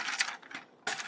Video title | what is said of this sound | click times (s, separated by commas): Transformers Titan Retuns Powermaster Optimus prime | It will snap into place. | 0.9 s